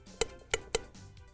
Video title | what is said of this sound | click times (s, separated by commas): Post Medical A.N.D. Sharps Disposal System - Part 1 | the third click notifies the user the full downstroke cycle has been completed | 0.2 s, 0.5 s, 0.8 s